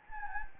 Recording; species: mosquito wingbeat signal from an infrared sensor; Anopheles gambiae